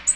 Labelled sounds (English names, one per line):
Ovenbird flight call